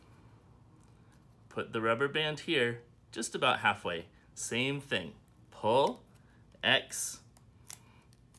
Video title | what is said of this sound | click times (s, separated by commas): STEM: Catapults | snaps into place now check it out this is our catapult | 7.7 s